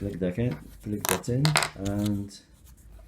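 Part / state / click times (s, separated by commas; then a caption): plastic key fob shell half into the other half of the car key fob / not seated / none. Someone talks while handling the two plastic shell halves of a Ford Mondeo Mark 3 car key fob during a battery change, pressing one half toward the other. Faint plastic handling sounds mix with the voice, but nothing has seated or clicked yet when the clip ends.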